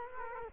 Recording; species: mosquito wingbeat signal from an infrared sensor; Culex quinquefasciatus